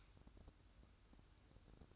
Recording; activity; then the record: daily activity, microphone in the room; light off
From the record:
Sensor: 2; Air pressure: 1007.7 hPa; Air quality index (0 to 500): 80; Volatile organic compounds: 1 ppm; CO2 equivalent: 647 ppm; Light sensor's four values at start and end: 13/38/15/15 and 8/18/8/8